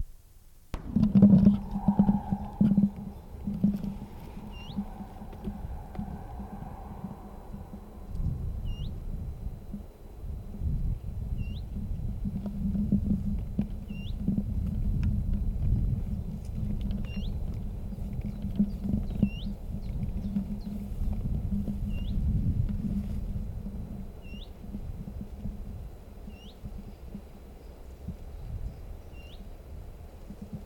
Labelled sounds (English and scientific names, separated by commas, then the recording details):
Willow Warbler (Phylloscopus trochilus)
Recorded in the wild
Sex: male
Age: adult
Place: Hallthurm, Bayern, DE
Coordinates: 47.7, 12.9333
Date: 1964-07-01
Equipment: LGS26
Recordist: Stumbrat